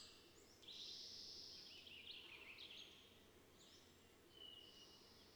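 Bird song: bright high whistles and twittering in several bursts, over steady background noise.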